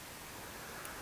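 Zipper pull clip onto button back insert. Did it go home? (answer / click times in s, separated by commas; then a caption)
no / none. A metal zipper pull clip is being handled against the back insert of a 1.5 inch button made with a button maker. Only steady broadband hiss and faint rustling are heard, with a barely noticeable tick near 0.9 s. The clip has not snapped or seated onto the button back yet.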